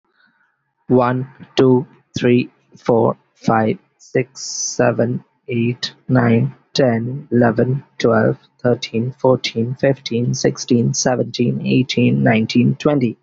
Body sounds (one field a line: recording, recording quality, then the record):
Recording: counting at a normal pace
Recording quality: excellent, no background noise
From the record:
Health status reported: healthy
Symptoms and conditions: none ticked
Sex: male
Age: 20 years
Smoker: not ticked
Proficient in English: yes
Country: India